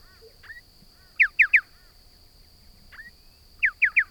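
Striated pardalote giving two crisp three-note phrases of sharp, down-slurred whistles, with quieter rising single notes before each, against a constant high tone.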